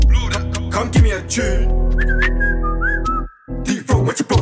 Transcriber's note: blow that, *whistles